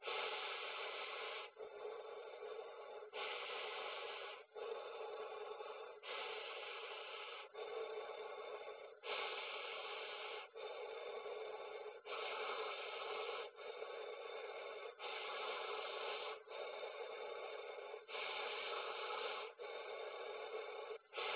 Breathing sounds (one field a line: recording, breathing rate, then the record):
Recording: paced breathing near a phone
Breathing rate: 20 breaths a minute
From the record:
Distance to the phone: 20 cm